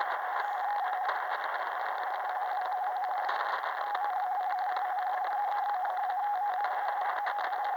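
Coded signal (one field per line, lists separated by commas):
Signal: RTTY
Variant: DDH47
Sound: rapid warbling two-tone chirping around 800 Hz under steady radio hiss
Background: radio static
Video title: Quick decoding DDH47 from 27. July 18:00 UTC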